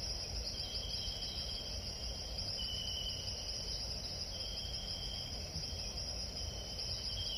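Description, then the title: Crickets trilling constantly at a high pitch, with soft background hiss throughout. Crickets at night in the jungle, recorded while camping. "Sleep sounds jungle camping at night with crickets, no talking"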